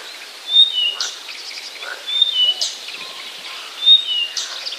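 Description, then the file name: Blyth's reed warbler song in short bursts, each opening with a clear high whistle followed by buzzy, scratchy notes, then a brief pause before the next phrase. "acrocephalus dumetorum"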